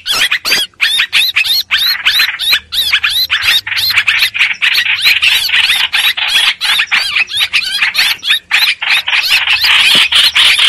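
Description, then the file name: Streak-eared bulbul distress calls, rapid repeated harsh notes with arching whistled inflections, steady throughout. Distress call used to call the flock together. "Tieng chim trao trao keu cuu goi bay"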